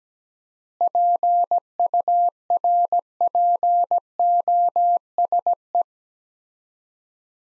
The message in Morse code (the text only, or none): PURPOSE